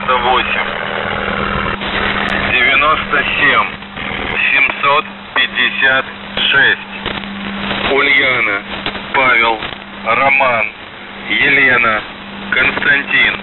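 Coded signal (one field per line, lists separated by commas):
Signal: coded military voice message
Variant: Russian, The Goose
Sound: male voice reading callsign, numbers and a phonetically spelled word over noisy radio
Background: radio static, low hum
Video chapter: 02:06 - Воздух Охват-98 97756 УПРЕК 1738 5366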